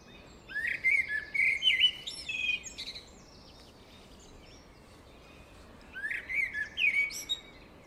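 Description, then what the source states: Blackbird delivering two fluted, warbling phrases about five seconds apart, each rising into scratchy high twitters at the end. Singing in deep forest.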